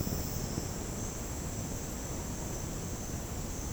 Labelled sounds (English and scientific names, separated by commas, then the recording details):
none
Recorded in dense forest near Puerto Asís, Putumayo, Colombia, on 29 June 2025 at 09:00
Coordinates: 0.486, -76.317
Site G065